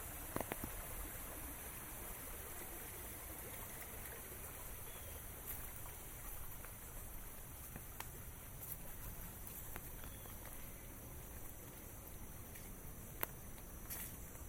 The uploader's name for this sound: Walk in the Rain